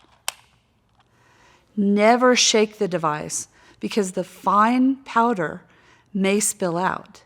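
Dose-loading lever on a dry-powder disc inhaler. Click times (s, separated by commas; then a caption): 0.3 s. The plastic dose-loading lever of a dry-powder disc inhaler is slid away from the user and gives a single sharp, loud click at 0.3 s as it locks into place, loading a dose. Faint small ticks follow near 1.0 s, and then someone talks.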